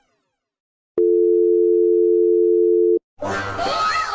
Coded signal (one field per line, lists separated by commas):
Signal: telephone call progress tone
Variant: North America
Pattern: dial tone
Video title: Season 1 EAS Alarms Animated Part 6: Random EAS Alarms 2 with Fictional Countries